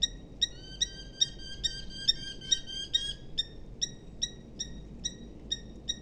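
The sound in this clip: Eurasian hobby calling with high, ringing kew notes; a dense, overlapping run at first, then a steady series of single notes about two or three times a second.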